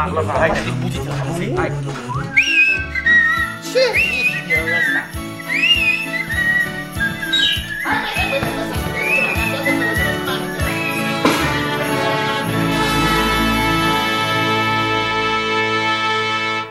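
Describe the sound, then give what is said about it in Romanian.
A cheerful tune is whistled in short, bright, wavering phrases over lively instrumental backing, which swells into sustained, shimmering chords toward the end. “Plecăm cu cântec sau cu fluierat?”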